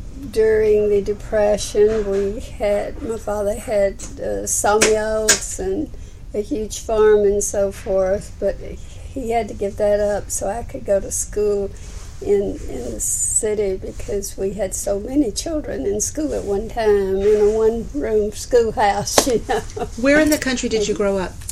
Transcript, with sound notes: During the Depression, we had, my father had some yokes, a huge farm and so forth, but he had to give that up so I could go to school in the city because we had so many children in school at the same time. In a one-room schoolhouse, you know. (laughs)
Where in the country did you grow up?